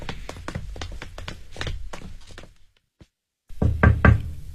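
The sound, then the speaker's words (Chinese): Police rapidly and insistently knock on a door, a dense run of sharp raps for a couple of seconds, a brief silence, then a few louder, heavier pounding knocks. “警察，开门啊！”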